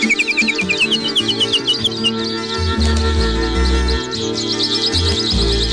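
Quick, high bird chirps repeat in bright bursts throughout, rising and trilling, over steady low instrumental tones and bass notes that shift in pitch.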